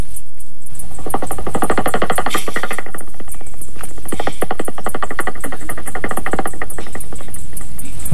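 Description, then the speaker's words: Common pipistrelle echolocation made audible by a bat detector: rapid dry clicks and ticks in dense trains. Echolocation calls made audible with a bat detector. "ça en utilisant le capteur. Donc si on a une chauve-souris, on entend ça, c'est une pipistrelle commune."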